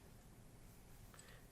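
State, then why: Not seated. A torque wrench turns screw three of a Spuhr ISMS scope ring holding a Schmidt & Bender 5-25x56 PMII on an Accuracy International AX rifle, heard as a quiet, steady low rumble with a faint brief scrape or tick around 1.1 to 1.2 seconds. The wrench has not reached its setting, and nothing has clicked yet.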